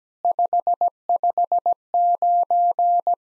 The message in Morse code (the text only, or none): 559